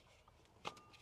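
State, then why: Seated. A new Febi Bilstein paper oil filter element is pushed into the plastic oil filter housing cap of a VW Caddy 3.2 V6 DSG. After a faint tick at 0.3 s, a sharp snap at 0.7 s marks the element seating in the cap, followed by a brief ringing tone over quiet background noise.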